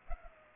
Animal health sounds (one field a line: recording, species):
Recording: mosquito wingbeat signal from an infrared sensor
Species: Culex pipiens